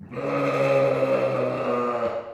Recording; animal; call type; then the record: contact call of a hoofed animal; sheep; low-frequency (closed-mouth) or high-frequency (open-mouth) call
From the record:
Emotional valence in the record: negative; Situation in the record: short social isolation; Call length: 2.3 s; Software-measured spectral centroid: 1420 Hz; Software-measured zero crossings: 1370 a second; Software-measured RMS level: -24 dBFS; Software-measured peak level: -11 dBFS